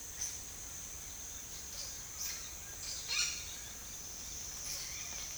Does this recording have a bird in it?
yes